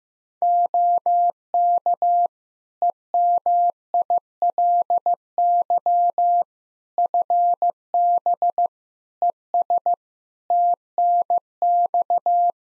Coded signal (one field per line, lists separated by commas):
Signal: Morse code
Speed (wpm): 15 wpm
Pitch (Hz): 700 Hz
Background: none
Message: OK EMILY FB ES TNX